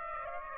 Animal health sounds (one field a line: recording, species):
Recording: mosquito wingbeat signal from an infrared sensor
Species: Aedes aegypti